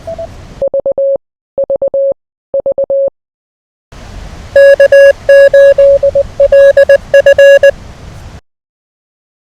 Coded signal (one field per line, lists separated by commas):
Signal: Morse code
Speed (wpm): 19 wpm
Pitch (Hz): 560 Hz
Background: none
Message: VVV K8LF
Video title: Listen and Copy Random Callsigns in Morse Code #morsecode